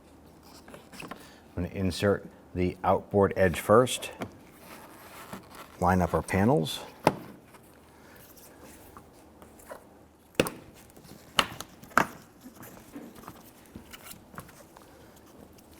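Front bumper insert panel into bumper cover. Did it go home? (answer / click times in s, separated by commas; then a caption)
yes / 10.4 s, 11.4 s, 12.0 s. A plastic front bumper insert panel for a 2008–2017 Buick Enclave is lined up and pressed into the bumper cover while someone talks. Its retaining clips snap into place with sharp, loud hits at 10.4, 11.4 and 12.0 seconds, and the panel is seated.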